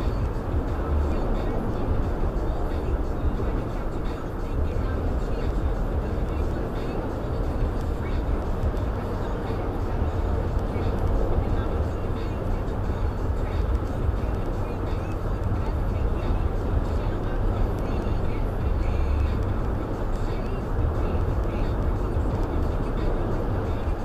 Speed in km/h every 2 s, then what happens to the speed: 113, 108, 105, 103, 101, 106, 108, 109, 109, 113, 113, 114.
0-8 slows to 101. 8-24 speeds up to 114.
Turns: none.